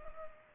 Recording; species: mosquito wingbeat signal from an infrared sensor; Culex pipiens